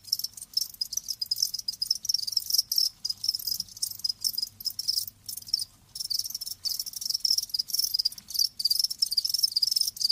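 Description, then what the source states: High, rhythmic cricket chirping forming a continuous chorus with brief silences. Live crickets chirping, a lulling song.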